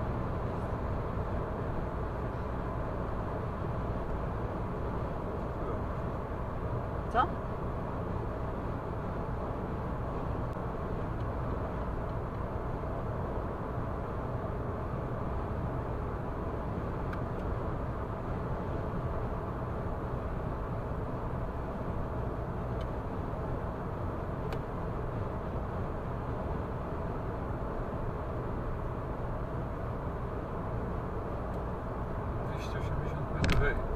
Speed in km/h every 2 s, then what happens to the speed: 106, 106, 106, 106, 106, 107, 107, 110, 110, 110, 107, 106, 106, 106, 106, 106, 106.
0-34 steady at about 106.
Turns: none.